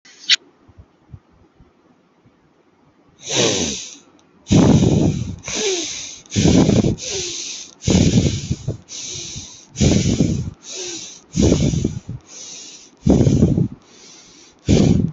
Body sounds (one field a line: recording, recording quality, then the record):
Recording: deep breathing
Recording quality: excellent, no background noise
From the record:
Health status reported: healthy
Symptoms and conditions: cold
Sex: male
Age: 22 years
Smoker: not ticked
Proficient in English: yes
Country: India